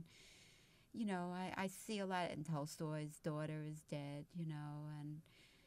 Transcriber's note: none